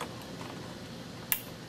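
An Ethernet cable plug is pushed into the plastic Ethernet jack of an iPonic 600 greenhouse controller. Against a faint background hiss, a single sharp, bright snap is heard at 1.3 s, and the plug is then seated in the jack. No one talks.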